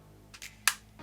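The second plastic half of a Gioteck Joy-Con style handheld controller is slid onto its centre rail attachment, with faint scraping sounds around 0.3–0.5 s. It locks in with a sharp, bright click at 0.7 s, the same click as the first half, and the second controller half is seated on the rail. A low, steady hum runs underneath, and a soft broadband rustle follows from about 1.0 s.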